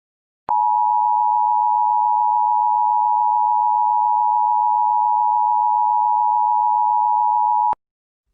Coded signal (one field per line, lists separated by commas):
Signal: Emergency Alert System (SAME) tones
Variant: 853 and 960 Hz attention tone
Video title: (1 YEAR ON YT SPECIAL!) EAS Mock: 2014 Nuclear Attack Remastered